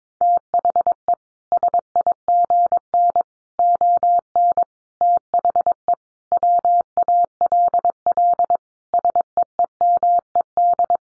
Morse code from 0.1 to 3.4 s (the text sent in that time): THE SIGN